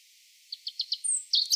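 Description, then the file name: European robin song fragment: four quick high ticking notes, then a thin sustained whistle and a brief burst of sharp, very high notes. "Erithacus rubecula"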